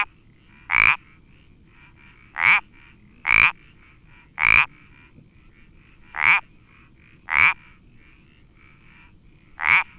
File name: Sapillo Moteado Iberico Pelodytes Ibericus